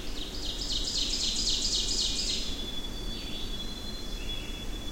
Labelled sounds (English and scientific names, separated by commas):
Ovenbird (Seiurus aurocapilla) song